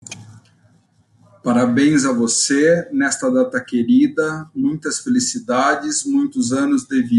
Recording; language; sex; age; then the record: short text; Brazilian Portuguese; male; 60 to 69 years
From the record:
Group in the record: control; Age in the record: 60 years